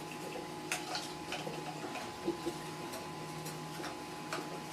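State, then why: Seated. A plastic part is pressed back into the body of a Piko model track-cleaning locomotive after its light is checked, and it snaps into place with a sharp click at 0.7 s. Fainter ticks follow at about 1.3 s and 4.3 s over a steady low background hum.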